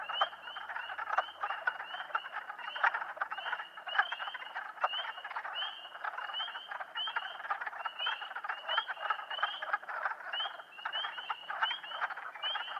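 Spring peepers in full chorus: bright, sharply rising peeps repeated rapidly by many frogs, layered over a continuous rasping frog background.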